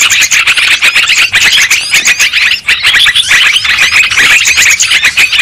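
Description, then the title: Lovebirds squeaking and twittering in a noisy group, fast shrill notes tumbling over each other in a continuous chorus. Lure sound for trapping lovebirds. "PIKAT BURUNG LOVEBIRD"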